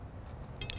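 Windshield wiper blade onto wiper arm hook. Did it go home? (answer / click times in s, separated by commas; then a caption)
yes / 0.7 s. A windshield wiper blade's plastic adapter is slid onto the hook of a metal wiper arm against a low background hum. A brief scraping sound comes at about 0.6 s, then a sharp snap at 0.7 s as the adapter latches. The blade is seated on the arm.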